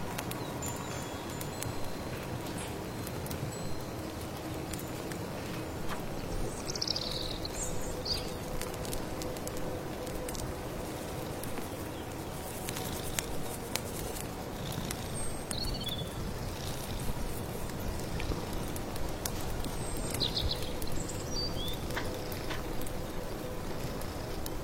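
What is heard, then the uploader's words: A steady, dense patter of rustling rain and small crackling ticks from firewood runs throughout, low and unchanging in level. Brief high birdsong chirps break through a few times, around the seventh, fifteenth and twentieth seconds. Stir your magic amulet soup, accompanied by birdsong, firewood, rustling rain. Late autumn forest.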